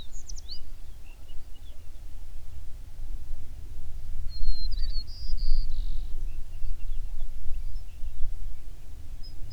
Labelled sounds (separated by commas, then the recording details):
songbird
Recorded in the Prudhoe Bay oil fields, Alaska, on 11 June 2019 at 05:16
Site 21